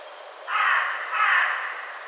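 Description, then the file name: Carrion crow uttering two hoarse caws in close succession, the second fading out slowly. "Corvus corone"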